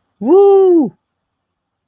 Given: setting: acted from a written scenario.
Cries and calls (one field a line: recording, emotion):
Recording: vocal sound without words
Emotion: elation